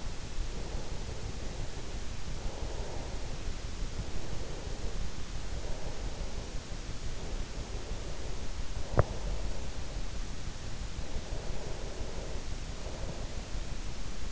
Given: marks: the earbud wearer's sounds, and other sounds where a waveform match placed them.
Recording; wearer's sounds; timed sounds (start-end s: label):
sounds in sleep by an in-ear microphone; breath, teeth grinding
0.39-3.46 s: breath
3.94-10.24 s: breath
8.78-9.39 s: teeth grinding
10.87-14.06 s: breath